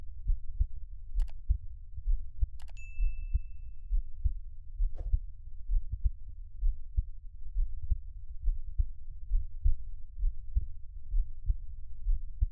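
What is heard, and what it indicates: Soft, steady low thumps of an adult's heartbeat repeat at about 65 beats a minute in a regular rhythm, with no extra sounds between beats and no talking. This is an ordinary resting heartbeat. A few brief clicks and a short chime sound early on.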